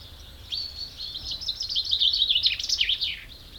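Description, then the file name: Common chaffinch singing a single rapid phrase of sharp notes that ends with a downward-sweeping flourish. "Fringilla coelebs"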